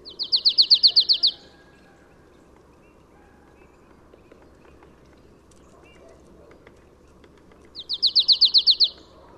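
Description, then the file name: Marsh tit giving rapid bursts of about ten bright, high chipping notes, one at the start and another some seven seconds later, with quiet low rumble between. "Poecile palustris"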